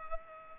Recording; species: mosquito wingbeat signal from an infrared sensor; Culex pipiens